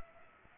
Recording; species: mosquito wingbeat signal from an infrared sensor; Culex pipiens